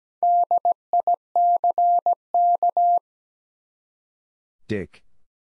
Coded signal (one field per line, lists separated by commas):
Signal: Morse code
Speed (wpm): 17 wpm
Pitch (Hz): 700 Hz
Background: none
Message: DICK